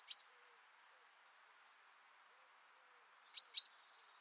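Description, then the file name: Great tit calls: one sharp chirp, a long pause, then a thin high note followed by two quick sharp chirps. "Parus major"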